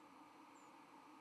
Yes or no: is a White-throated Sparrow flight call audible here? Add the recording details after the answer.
no. Another species' flight call is heard. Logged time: 06:50 on 31 October 2014